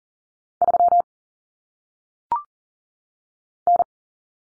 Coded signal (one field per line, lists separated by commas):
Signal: Morse code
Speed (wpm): 40 wpm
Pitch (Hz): 700 Hz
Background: none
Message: 3 N